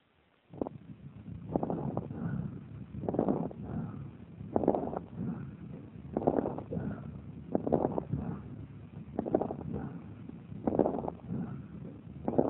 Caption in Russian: Пациентки с так называемым экзогенным аллергическим альвеолитом, развившимся в результате частого профессионального контакта с органической пылью. Ослабленного дыхания и громкой крепитации. Сначала над поверхностью правого легкого. Затем над поверхностью левого легкого.